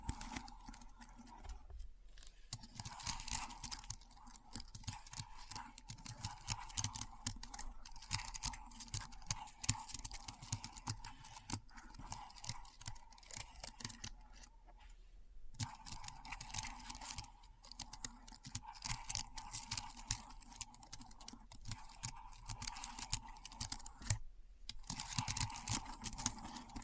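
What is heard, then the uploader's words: Keyboard typing, a dense run of quick, crisp clicks and taps with an uneven rhythm. The keystrokes carry on through the whole stretch, broken by short silent pauses near 2, 15 and 24 seconds, over a faint low hum. ASMR Keyboard Sounds (No Talking).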